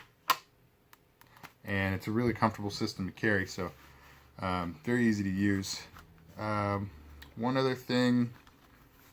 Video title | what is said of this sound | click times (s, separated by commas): TOPS SXB Pivoting Shoulder Rig! | can hear it click back in and | 0.3 s